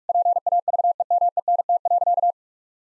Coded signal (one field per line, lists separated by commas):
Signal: Morse code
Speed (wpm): 46 wpm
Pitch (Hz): 700 Hz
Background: none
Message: PAVEMENT.